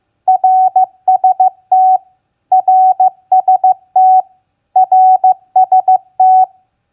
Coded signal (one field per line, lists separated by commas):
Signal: Morse code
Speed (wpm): 15 wpm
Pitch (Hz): 750 Hz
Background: none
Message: RST RST RST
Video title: Morse Code Practice QSO Elements Q1a NAME-RST-QTH 15wpm